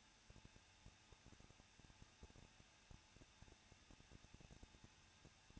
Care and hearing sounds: daily activity, microphone in the room; no activity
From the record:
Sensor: 2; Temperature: 21.0 degrees Celsius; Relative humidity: 37.6%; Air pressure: 1006.3 hPa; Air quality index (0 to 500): 224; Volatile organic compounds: 25 ppm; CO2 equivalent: 2847 ppm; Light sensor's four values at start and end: 2/3/2/2 and 2/3/2/2

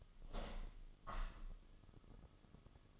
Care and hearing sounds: daily activity, microphone in the room; open window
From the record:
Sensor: 4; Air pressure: 1005.6 hPa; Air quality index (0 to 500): 98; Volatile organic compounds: 2 ppm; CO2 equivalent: 1217 ppm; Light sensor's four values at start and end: 13/29/11/11 and 13/29/11/11

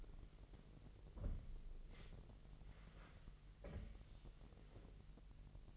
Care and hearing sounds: daily activity, microphone in the room; wipe stove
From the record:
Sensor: 4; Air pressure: 1001.8 hPa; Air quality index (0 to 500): 246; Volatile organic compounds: 40 ppm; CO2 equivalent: 3144 ppm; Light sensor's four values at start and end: 9/19/7/7 and 9/19/7/7

